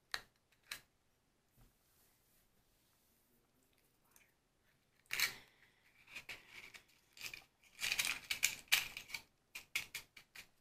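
Two sharp clicks open the clip, then a soft scrape and a faint, quiet stretch. From about five seconds a burst of bright crackling and hissing flares up, followed by a run of irregular snapping taps and small glassy clinks that continues to the end.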